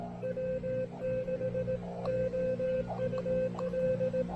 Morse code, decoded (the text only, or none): W6OUL